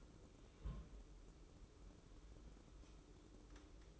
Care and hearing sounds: daily activity, microphone in the room; place on stove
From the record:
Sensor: 1

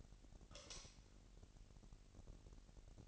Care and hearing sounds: daily activity, microphone in the room; light off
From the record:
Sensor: 4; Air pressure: 1002.7 hPa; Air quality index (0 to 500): 249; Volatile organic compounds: 14 ppm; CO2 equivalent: 2476 ppm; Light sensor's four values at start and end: 7/16/6/7 and 6/14/5/6

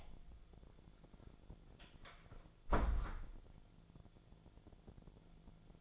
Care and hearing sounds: daily activity, microphone in the room; close door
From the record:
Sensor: 5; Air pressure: 1000.6 hPa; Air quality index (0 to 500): 152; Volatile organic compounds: 2 ppm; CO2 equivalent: 1174 ppm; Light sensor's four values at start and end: 50/116/49/52 and 50/117/49/53

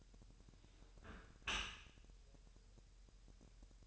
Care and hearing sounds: daily activity, microphone in the room; close dishwasher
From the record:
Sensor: 2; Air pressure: 1000.5 hPa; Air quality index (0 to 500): 247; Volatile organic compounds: 93 ppm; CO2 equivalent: 3704 ppm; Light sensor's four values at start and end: 9/22/9/9 and 9/22/9/9

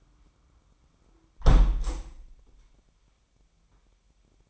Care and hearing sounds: daily activity, microphone in the room; close window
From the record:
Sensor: 1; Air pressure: 998.1 hPa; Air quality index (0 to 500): 141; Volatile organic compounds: 4 ppm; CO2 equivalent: 1687 ppm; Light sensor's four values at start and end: 16/53/21/21 and 15/53/21/21

